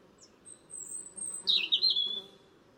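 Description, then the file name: European robin song phrase: a long, high, thin whistle followed by a brief warbled trill, over a low background hum. "Erithacus rubecula"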